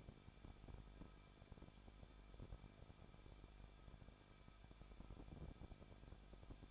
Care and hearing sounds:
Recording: daily activity, microphone in the room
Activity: no activity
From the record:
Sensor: 5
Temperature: 20.8 degrees Celsius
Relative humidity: 38.2%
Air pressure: 1006.7 hPa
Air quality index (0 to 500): 184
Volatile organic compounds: 17 ppm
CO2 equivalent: 2578 ppm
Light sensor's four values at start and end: 2/3/1/1 and 2/3/1/1

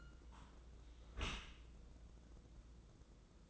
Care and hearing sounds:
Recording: daily activity, microphone in the room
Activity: close dishwasher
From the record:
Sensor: 3

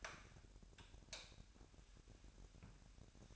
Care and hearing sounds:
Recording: daily activity, microphone in the room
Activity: light off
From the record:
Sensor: 2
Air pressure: 1011.8 hPa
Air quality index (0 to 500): 217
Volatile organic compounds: 3 ppm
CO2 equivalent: 1526 ppm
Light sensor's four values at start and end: 16/45/19/19 and 12/27/12/12

